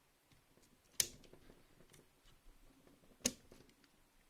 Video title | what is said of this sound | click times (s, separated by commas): AMD Ryzen SFF PC Build for Noobs | Yeah, clicked on both sides. | 1.0 s, 3.3 s